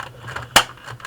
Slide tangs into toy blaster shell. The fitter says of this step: those tangs in here click and again we're looking at our seam is good